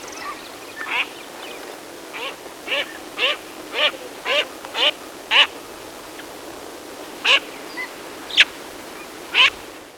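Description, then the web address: Andean teal giving a series of short, nasal, quack-like notes, pausing briefly midway before a few more calls resume. Recorded in Ecuador. "Birds of Ecuador. Andean Teal"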